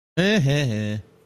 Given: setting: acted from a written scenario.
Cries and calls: vocal sound without words; neutral

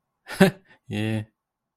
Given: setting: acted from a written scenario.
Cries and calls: vocal sound without words; neutral

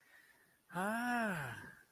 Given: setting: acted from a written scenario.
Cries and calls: vocal sound without words; positive surprise

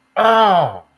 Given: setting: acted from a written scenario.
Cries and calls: vocal sound without words; pain

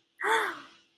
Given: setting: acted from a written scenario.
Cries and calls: vocal sound without words; romantic love

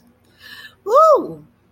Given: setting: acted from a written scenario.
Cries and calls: vocal sound without words; positive surprise

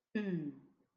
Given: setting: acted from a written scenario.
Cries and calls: vocal sound without words; neutral

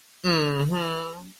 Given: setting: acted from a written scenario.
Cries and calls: vocal sound without words; pride

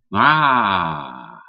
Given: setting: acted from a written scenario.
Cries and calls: vocal sound without words; elation

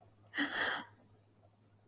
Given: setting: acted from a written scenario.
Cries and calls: vocal sound without words; romantic love

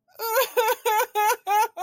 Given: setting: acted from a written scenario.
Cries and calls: vocal sound without words; sadness

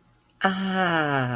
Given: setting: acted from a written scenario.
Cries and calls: vocal sound without words; contentment

